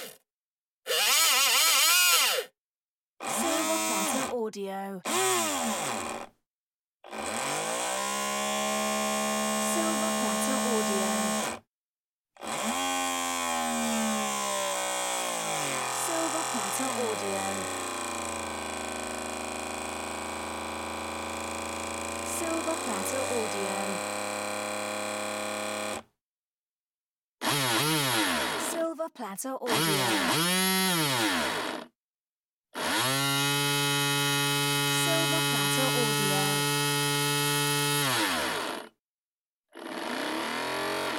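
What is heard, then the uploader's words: A small electric servo whirs through a series of separate runs, from short bursts of a second or two to a long sweep of about fourteen seconds. Each run glides in pitch as it speeds up and slows, with dead silence between them. Small Electric Servo Sound Effects. This wide ranging servo-robotic sound library consists of recordings of 7 different motors, each one being « performed » using a custom potentiometer between the motor and the electricity source.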